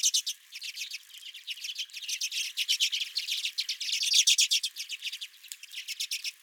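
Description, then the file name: Redpolls calling in rapid, rhythmic strings of dry, high twitters, a steady, lively chatter. Redpolls calling at the recordist's feeder. "Redpolls at My Feeder"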